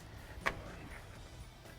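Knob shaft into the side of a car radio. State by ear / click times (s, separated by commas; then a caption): seated / 0.5 s. A control shaft for a knob is pushed into the side of a RetroSound Dallas car radio chassis. A single short, sharp click is heard at 0.5 s as it seats firmly, followed by faint low handling noise.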